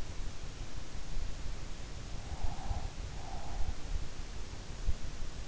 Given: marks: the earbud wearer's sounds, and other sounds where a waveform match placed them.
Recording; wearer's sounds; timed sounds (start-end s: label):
sounds in sleep by an in-ear microphone; breath
2.46-4.01 s: breath